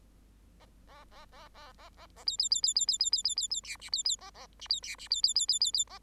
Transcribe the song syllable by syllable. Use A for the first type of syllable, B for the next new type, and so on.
A A A A A A A A B B B B B B B B B B B C D B B A A D B C D B B B B B B A